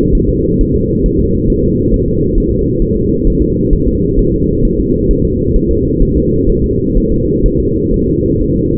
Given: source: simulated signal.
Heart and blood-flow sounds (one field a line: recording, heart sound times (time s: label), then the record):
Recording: fetal heart sounds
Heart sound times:
0.15 s: S1
0.29 s: S2
0.61 s: S1
0.75 s: S2
1.06 s: S1
1.20 s: S2
1.50 s: S1
1.64 s: S2
1.94 s: S1
2.08 s: S2
2.38 s: S1
2.52 s: S2
2.82 s: S1
2.96 s: S2
3.27 s: S1
3.42 s: S2
3.73 s: S1
3.88 s: S2
4.19 s: S1
4.33 s: S2
4.65 s: S1
4.79 s: S2
5.11 s: S1
5.25 s: S2
5.56 s: S1
5.71 s: S2
6.03 s: S1
6.17 s: S2
6.50 s: S1
6.64 s: S2
6.97 s: S1
7.12 s: S2
7.46 s: S1
7.60 s: S2
7.94 s: S1
8.08 s: S2
8.41 s: S1
8.56 s: S2
From the record:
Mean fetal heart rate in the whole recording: 130 bpm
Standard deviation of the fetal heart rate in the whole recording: 4 bpm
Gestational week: 38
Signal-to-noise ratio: -10.2 dB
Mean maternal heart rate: 72 bpm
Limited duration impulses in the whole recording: present